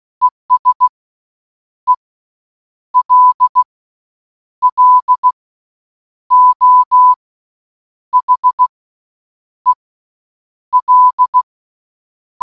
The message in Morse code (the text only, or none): ESELLO HEL